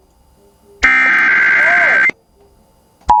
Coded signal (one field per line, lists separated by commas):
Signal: Emergency Alert System (SAME) tones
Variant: header bursts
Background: speech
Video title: (EAS #9) California SEVERE THUNDERSTORM WARNING on KALT-FM (POSSIBLE FLASH FLOOD)